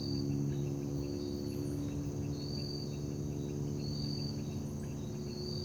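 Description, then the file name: Cricket chirps in high, pulsed bursts repeated over and over, above a droning low hum and faint background noise. Night ambience in Parque da Liberdade. "Ambiencia parque da liberdade a noite com grilos, morcegos, moto longe e sapos"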